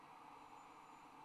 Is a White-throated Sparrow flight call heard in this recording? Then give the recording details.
no. No flight call is heard. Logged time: 01:13 on 30 November 2014